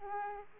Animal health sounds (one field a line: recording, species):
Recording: mosquito wingbeat signal from an infrared sensor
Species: Aedes aegypti